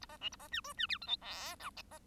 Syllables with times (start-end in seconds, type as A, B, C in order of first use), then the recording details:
0.01-0.06 A, 0.09-0.17 B, 0.21-0.29 C, 0.32-0.36 A, 0.39-0.48 B, 0.51-0.61 D, 0.64-0.73 E, 0.77-0.86 D, 0.89-0.98 F, 1.01-1.07 G, 1.07-1.17 H, 1.21-1.56 I, 1.59-1.70 J. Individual Bird1